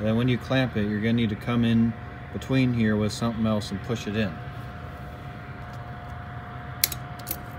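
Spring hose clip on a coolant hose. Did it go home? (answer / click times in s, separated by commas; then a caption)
released / 6.8 s. Someone talks while a spring hose clip on a coolant hose of a 1999 Saturn SL2 is squeezed with a clamping tool and pushed in with another tool. A sharp click at 6.8 s marks the clip snapping into its held-open position, followed by fainter ticks near 6.9 s and 7.3 s. The clip is left loose on the hose.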